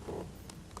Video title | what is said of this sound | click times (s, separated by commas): Classic Computing Replay Stream | locks into place | 0.5 s, 0.8 s